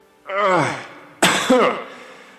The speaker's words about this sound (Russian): Эльф откашлялся и ответил.